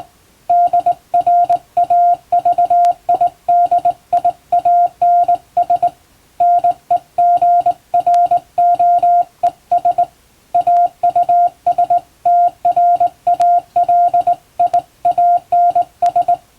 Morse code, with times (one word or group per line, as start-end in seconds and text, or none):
0.5-5.9 DRAVIDIANS
6.4-10.0 NEGROES
10.5-16.3 AUSTRALIANS